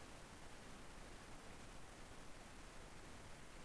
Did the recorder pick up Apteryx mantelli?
no